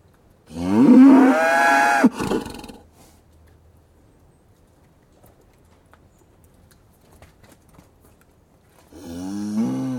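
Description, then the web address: Cattle mooing: one loud, drawn-out harmonic moo lasting about two seconds, then quiet shuffling, and a second moo starting near the end. Cattle in a yard; loud moo, close perspective. "BBC Cattle. in yard with some birdsong loud moo. others move round yard"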